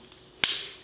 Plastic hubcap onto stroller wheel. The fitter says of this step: pop pop then perfect and it should do like a final snap